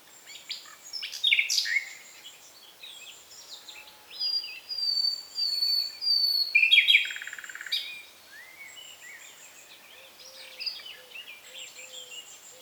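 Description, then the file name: Common nightingale song in scattered phrases: sharp notes, drawn-out pure whistles and a short rattle. "Luscinia megarhynchos"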